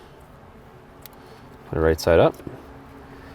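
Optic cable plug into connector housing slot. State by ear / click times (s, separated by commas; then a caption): seated / 1.1 s. A fibre optic cable plug is put right side up into the end slot of the connector housing during an NBT EVO install in an F30 BMW, and it clicks into place at 1.0 s as a short, sharp snap. Someone talks afterward, and the plug is seated.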